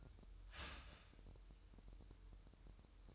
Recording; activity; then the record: daily activity, microphone in the room; start toaster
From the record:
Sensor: 2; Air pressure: 988.4 hPa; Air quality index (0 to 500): 191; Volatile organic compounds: 185 ppm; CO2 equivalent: 4160 ppm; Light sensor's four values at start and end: 20/68/27/25 and 20/68/27/25